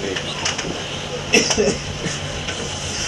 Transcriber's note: laughs